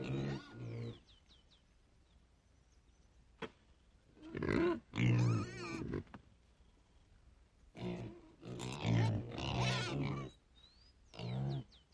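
Pig grunts and harsh squeals in irregular bursts separated by quiet pauses, some calls low and rumbling, others rising into shrill squeals, with faint high chirps.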